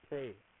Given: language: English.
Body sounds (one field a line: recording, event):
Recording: throat vibration sensor signal played as sound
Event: speech